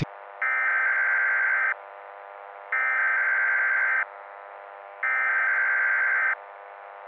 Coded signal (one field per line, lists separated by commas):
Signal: Emergency Alert System (SAME) tones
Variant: header bursts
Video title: Horrorlings Part 2: The Second Coming (EAS Scenario)